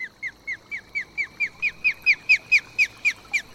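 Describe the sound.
Osprey calls: a rapid series of many high, downslurred whistled chirps over a quiet background.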